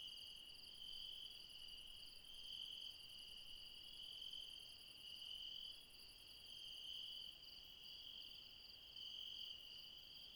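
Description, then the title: Insect chorus of high, steady trilling that waxes and wanes slightly, with nothing else clearly heard. Late night in the mountains at Refuge Krevatia, Barbala, near Dion, Greece. "Refuge Krevatia, Μπαρμπαλά, Dion 601 00, Greece - Late night mountain insects"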